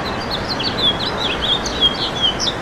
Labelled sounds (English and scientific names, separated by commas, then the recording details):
House Finch (Haemorhous mexicanus) song
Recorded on Long Island, New York, on 1 June 2012
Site JH
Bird D